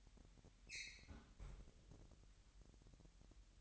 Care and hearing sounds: daily activity, microphone in the room; close fridge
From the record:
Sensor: 3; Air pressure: 1001.9 hPa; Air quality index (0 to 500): 240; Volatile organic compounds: 45 ppm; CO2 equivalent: 3224 ppm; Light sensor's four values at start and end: 12/37/16/13 and 12/37/16/13

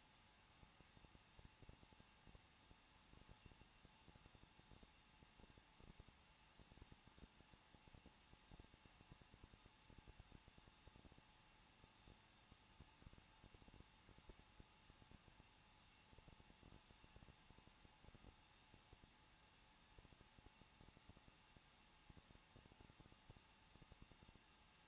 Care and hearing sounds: daily activity, microphone in the room; no activity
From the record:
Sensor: 1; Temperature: 20.1 degrees Celsius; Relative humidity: 39.1%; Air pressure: 1006.4 hPa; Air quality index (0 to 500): 216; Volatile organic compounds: 74 ppm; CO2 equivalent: 3555 ppm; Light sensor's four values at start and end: 1/2/1/1 and 1/2/1/1

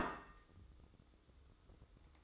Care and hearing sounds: daily activity, microphone in the room; place plate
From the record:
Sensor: 3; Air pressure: 995.2 hPa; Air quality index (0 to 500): 75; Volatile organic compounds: 5 ppm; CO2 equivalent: 1749 ppm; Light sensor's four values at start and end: 15/44/19/15 and 15/44/19/15

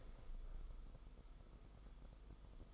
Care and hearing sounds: daily activity, microphone in the room; open window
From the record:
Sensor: 5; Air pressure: 990.5 hPa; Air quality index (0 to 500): 161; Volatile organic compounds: 260 ppm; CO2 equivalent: 4386 ppm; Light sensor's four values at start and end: 17/41/17/18 and 17/41/17/18

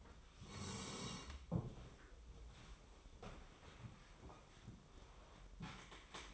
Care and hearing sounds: daily activity, microphone in the room; sit down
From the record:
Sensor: 1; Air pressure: 1005.1 hPa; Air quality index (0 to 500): 123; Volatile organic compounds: 5 ppm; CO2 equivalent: 1724 ppm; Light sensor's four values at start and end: 11/26/10/11 and 11/27/10/11

